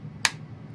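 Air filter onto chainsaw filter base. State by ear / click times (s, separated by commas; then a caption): seated / 0.2 s. A chainsaw air filter is pressed onto its base by hand until it snaps into place, giving an airtight seal all round. A single sharp snap is heard at 0.2 s against a low background hum, and the filter is seated.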